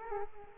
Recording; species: mosquito wingbeat signal from an infrared sensor; Culex quinquefasciatus